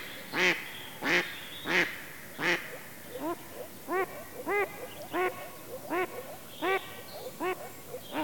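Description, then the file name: Mallard quacking: a run of loud, harsh, nasal quacks, four strong ones then a series of shorter, lighter quacks, roughly one or two each second. "Digiffects Sound Effects Library - Mallard Duck Quacking"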